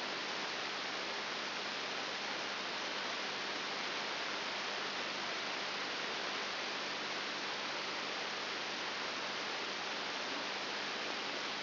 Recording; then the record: brain microelectrode recording played as sound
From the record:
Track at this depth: outside the subthalamic nucleus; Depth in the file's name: 7.3 mm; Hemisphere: right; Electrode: 3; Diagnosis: Parkinson's disease